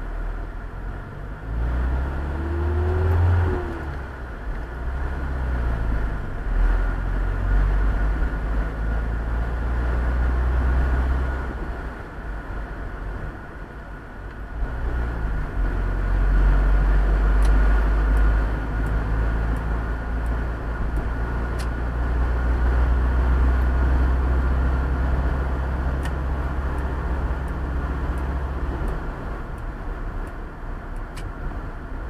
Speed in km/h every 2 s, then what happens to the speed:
10, 17, 20, 26, 31, 34, 34, 34, 38, 43, 46, 49, 51, 53, 53, 50.
0-9 speeds up to 34. 9-14 steady at about 34. 14-25 speeds up to 53. 25-32 steady at about 53.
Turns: none.